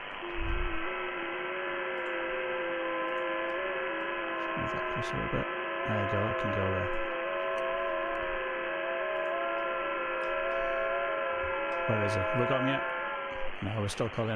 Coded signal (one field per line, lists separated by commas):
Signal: FT8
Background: speech